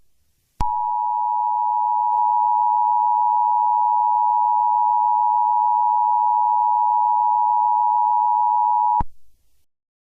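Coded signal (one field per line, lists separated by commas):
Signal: Emergency Alert System (SAME) tones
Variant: 853 and 960 Hz attention tone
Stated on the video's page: Fictional EAS scenario.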